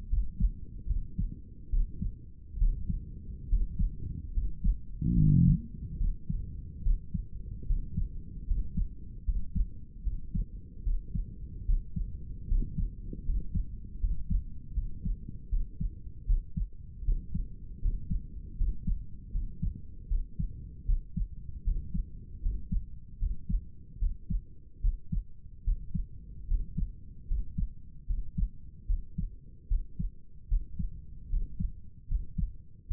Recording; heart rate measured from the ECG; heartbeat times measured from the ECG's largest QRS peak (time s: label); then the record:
heart sounds by stethoscope; 75 bpm
0.09 s: heartbeat
0.87 s: heartbeat
1.70 s: heartbeat
2.58 s: heartbeat
3.49 s: heartbeat
4.33 s: heartbeat
5.14 s: heartbeat
5.98 s: heartbeat
6.83 s: heartbeat
7.67 s: heartbeat
8.47 s: heartbeat
9.25 s: heartbeat
10.03 s: heartbeat
10.83 s: heartbeat
11.66 s: heartbeat
12.48 s: heartbeat
13.25 s: heartbeat
14.00 s: heartbeat
14.74 s: heartbeat
15.49 s: heartbeat
16.26 s: heartbeat
17.04 s: heartbeat
17.81 s: heartbeat
18.57 s: heartbeat
19.31 s: heartbeat
20.08 s: heartbeat
20.85 s: heartbeat
21.64 s: heartbeat
22.42 s: heartbeat
23.19 s: heartbeat
23.99 s: heartbeat
24.81 s: heartbeat
25.64 s: heartbeat
26.47 s: heartbeat
27.27 s: heartbeat
28.06 s: heartbeat
28.86 s: heartbeat
29.68 s: heartbeat
30.48 s: heartbeat
31.29 s: heartbeat
32.07 s: heartbeat
32.87 s: heartbeat
From the record:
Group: healthy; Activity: rest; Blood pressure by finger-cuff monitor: 112/70 mmHg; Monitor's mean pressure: 80 mmHg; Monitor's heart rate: 75 bpm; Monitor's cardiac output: 6.2 L/min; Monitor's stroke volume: 83 mL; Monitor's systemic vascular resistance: 930 dyn s/cm5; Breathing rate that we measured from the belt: 13 breaths a minute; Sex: male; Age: 35 years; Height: 180 cm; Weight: 86.9 kg